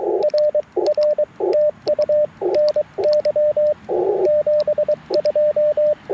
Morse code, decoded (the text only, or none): RR TU NY 72